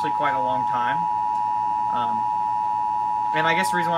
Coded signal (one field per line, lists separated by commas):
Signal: Emergency Alert System (SAME) tones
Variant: 853 and 960 Hz attention tone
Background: speech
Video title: TFT EBS System | Emergency Broadcast System Receiver/Generator